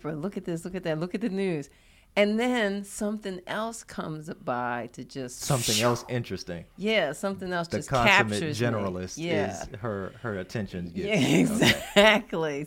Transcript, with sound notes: Look at this, look at that, look at the news.” And then something else comes by to just [whooshing sound]
Something else interesting?
Yes. Something else just captures me.
The consummate generalist is—her attention is—
Yeah, exactly.